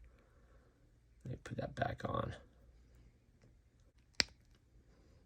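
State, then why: Seated. Someone talks briefly, then the plastic head of an SH Figuarts Spider-Man (Tobey Maguire, No Way Home) action figure is pushed back onto the ball peg inside its neck. At 4.2 s there is a single sharp, fast-decaying pop as the head seats onto the peg.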